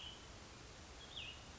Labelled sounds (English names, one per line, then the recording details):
Cassin's Vireo
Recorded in Sonoma County, California